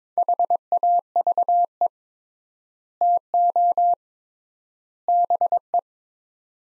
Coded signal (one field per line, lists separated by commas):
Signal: Morse code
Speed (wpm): 21 wpm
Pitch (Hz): 700 Hz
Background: none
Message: HAVE TO BE